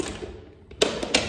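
An allen wrench (hex key) is turned in the dogging mechanism of the pushed-in metal crash bar (panic bar) on an exterior church door, and it clicks sharply at 0.8 s, followed by a second sharp tap near 1.2 s. The bar is now dogged and held in, so the door stays unlocked.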